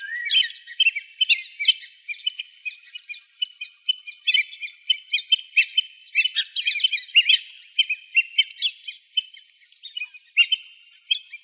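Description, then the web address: Black-bellied whistling duck calls: many high, squeaky whistled notes overlapping in a steady chattering stream, as from several birds calling together. Arizona, 6 October 2002. "Ducks Geese Swans BBWD 100602"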